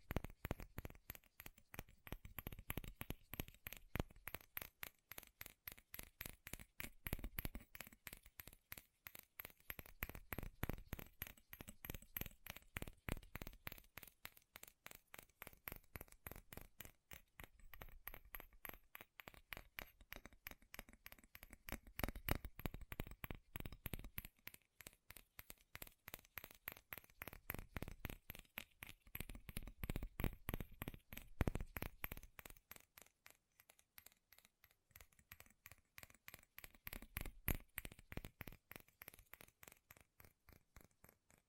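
Rapid, relentless tapping on metal, with sharp bright clicks packed tightly together for the whole stretch. The pace stays fast and fairly even, with brief thinner patches around 17 and 33 seconds, and a faint low rumble swelling underneath at times.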